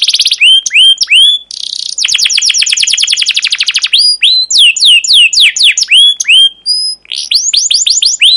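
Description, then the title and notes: Canary song: varied chirps, some rising and some down-slurred, a long rapid trill, and a few short whistled notes, with brief pauses. Long, rolling, emotive 'cuit cuit' chirping song, used as a lure and tutor for young canaries learning song. "CUIT CUIT NGEROL LANGSUNG GACOR PANJANG Kenari Ini Utk Pancingan KENAR. PANCINGAN Kenari GACOR PANJANG Cuit CUIT EMOSI ini utk MASTERAN Kenari PAUD belajar BUNYI. burung kenari"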